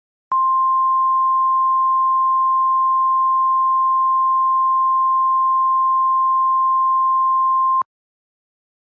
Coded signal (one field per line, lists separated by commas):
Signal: Emergency Alert System (SAME) tones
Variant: 1050 Hz attention tone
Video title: Friday the 13th: The EAS Scenario (#90)